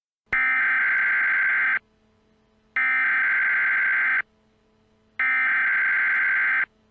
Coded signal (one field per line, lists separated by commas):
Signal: Emergency Alert System (SAME) tones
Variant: header bursts